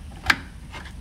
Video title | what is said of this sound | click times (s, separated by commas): GTX 1060 - Install and Fortnite Gameplay Comparison - Power Supply & GPU Upgrade/Install Guide | should click into place just like that right there I'm just gonna need one other matter okay | 0.3 s